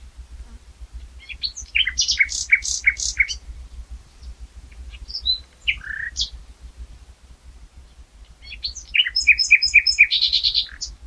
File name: Luscinia megarhynchos